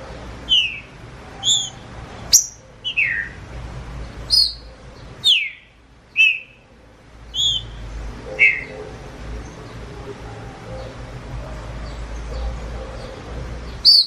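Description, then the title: Green-winged saltator song: loud clear whistled notes, each sharply descending, given singly about once a second, then a pause before a final note; faint low background hum. Wild bird in the bush singing the "nicão" song style, competing with another free bird. "Trinca Ferro NICÃ O No Mato Disputando Com Solto"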